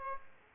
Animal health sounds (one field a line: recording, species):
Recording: mosquito wingbeat signal from an infrared sensor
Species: Aedes aegypti